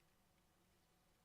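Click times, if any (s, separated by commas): none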